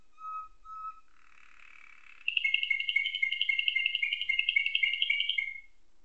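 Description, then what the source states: Atlantic canary song: two clear whistled notes, a brief buzzy phrase, then a fast, ringing trill of rapid repeated notes lasting about three seconds. Canary singing nightingale-style song (isian nightingale), learned through tutoring with nightingale song.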